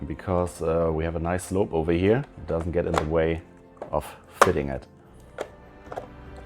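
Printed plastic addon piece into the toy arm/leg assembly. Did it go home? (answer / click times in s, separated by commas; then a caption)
yes / 5.4 s, 5.9 s. Someone talks while transforming a Transformers The Ark toy, then a 3D-printed plastic add-on kit filler piece is fitted into the toy's arm/leg assembly. Two short, sharp clicks are heard at 5.4 s and 5.9 s as the piece snaps in and seats.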